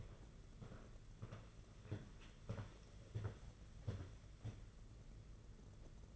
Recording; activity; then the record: daily activity, microphone in the room; walk to room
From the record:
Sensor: 4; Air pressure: 992.9 hPa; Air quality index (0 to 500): 176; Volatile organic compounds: 353 ppm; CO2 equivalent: 4588 ppm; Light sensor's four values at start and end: 4/10/4/4 and 4/10/4/4